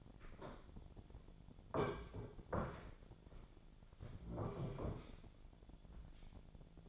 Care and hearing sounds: daily activity, microphone in the room; sit down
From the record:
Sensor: 5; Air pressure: 1008.3 hPa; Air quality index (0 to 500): 152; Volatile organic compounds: 3 ppm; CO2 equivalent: 1463 ppm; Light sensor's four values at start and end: 61/169/66/66 and 61/170/66/66

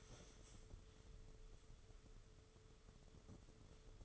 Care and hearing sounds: daily activity, microphone in the room; stand up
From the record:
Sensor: 4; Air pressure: 995.3 hPa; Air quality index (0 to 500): 218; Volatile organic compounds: 274 ppm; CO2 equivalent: 4421 ppm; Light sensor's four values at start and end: 15/38/14/17 and 18/47/18/22

